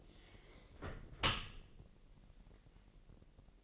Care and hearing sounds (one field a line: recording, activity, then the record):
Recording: daily activity, microphone in the room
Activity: close dishwasher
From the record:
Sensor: 4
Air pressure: 1001.3 hPa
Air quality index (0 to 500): 248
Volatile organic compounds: 45 ppm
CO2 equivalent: 3220 ppm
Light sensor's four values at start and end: 8/18/7/6 and 7/16/6/6